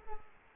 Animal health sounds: mosquito wingbeat signal from an infrared sensor; Culex quinquefasciatus

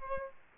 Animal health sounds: mosquito wingbeat signal from an infrared sensor; Aedes aegypti

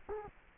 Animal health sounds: mosquito wingbeat signal from an infrared sensor; Culex quinquefasciatus

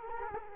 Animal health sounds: mosquito wingbeat signal from an infrared sensor; Culex quinquefasciatus

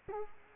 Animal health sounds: mosquito wingbeat signal from an infrared sensor; Culex quinquefasciatus

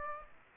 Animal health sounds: mosquito wingbeat signal from an infrared sensor; Aedes aegypti

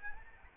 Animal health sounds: mosquito wingbeat signal from an infrared sensor; Anopheles arabiensis

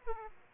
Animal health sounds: mosquito wingbeat signal from an infrared sensor; Aedes aegypti

